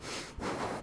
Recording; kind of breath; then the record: one breath in and out by a microphone near the nose and mouth; strong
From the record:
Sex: male